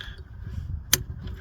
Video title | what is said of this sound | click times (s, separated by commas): How to change a headlight - 2008 Chevy Impala #impala #headlight #howto #diy | put it in until you hear the Click | 0.9 s